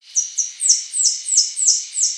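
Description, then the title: Saffron-billed sparrow giving a rapid series of seven thin, very high notes, each sliding downward, about three per second. "LuckyPassaro Completos2Sama. Saffron-billed Sparrow (Arremon flavirostris)"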